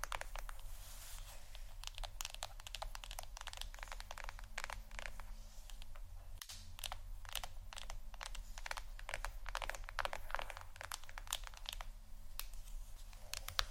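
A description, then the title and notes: Fingers tap on a phone or tablet screen in quick, irregular bursts of sharp little clicks, densest in the second half. The taps sound dry and crisp, almost like crinkling, over a faint steady low hum that runs throughout. ASMR Phonetablet Tapping（No Talking）.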